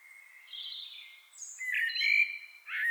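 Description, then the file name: Common blackbird's fluty warbling with squeaky high flourishes. "Turdus merula"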